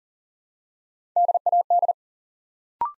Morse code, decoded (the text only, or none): DAD